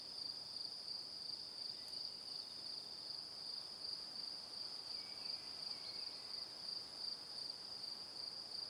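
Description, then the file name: Cricket chorus with high pulsed chirps running the whole time. Evening. "Calm - Evening Crickets"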